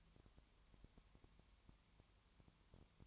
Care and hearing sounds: daily activity, microphone in the room; no activity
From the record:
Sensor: 3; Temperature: 20.5 degrees Celsius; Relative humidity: 32.9%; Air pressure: 1003.2 hPa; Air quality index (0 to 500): 105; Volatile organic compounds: 2 ppm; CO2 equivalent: 1068 ppm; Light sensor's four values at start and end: 2/3/2/2 and 2/3/2/2

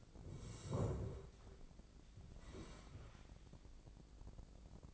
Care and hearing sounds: daily activity, microphone in the room; sit down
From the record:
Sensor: 5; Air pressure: 1012.4 hPa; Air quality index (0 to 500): 146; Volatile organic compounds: 2 ppm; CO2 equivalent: 1009 ppm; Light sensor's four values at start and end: 272/652/278/308 and 272/652/278/308

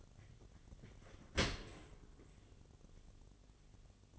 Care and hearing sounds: daily activity, microphone in the room; open dishwasher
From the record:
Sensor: 4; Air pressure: 1007.5 hPa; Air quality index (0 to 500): 199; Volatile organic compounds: 7 ppm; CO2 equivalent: 1987 ppm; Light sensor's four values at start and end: 22/70/26/26 and 22/70/27/26

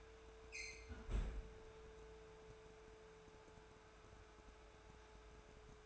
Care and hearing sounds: daily activity, microphone in the room; close fridge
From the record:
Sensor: 2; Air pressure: 1014.7 hPa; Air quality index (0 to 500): 192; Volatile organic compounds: 16 ppm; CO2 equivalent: 2535 ppm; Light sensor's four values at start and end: 9/22/9/9 and 9/22/9/9

